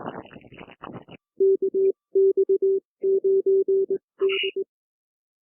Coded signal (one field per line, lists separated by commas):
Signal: Morse code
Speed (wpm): 21 wpm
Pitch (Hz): 390 Hz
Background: none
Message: KX9D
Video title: HF AMATEUR RADIO RANDOM RAG CHEWING ON 40M 7.200 RTL SDR BlogV4 SDR Console v3 3 2024 01 08 13 00 30